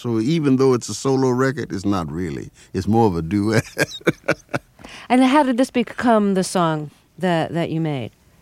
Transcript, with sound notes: So even though it's a solo record, it's not really. It's more of a duet (laughter).
And how did this become the song that you made?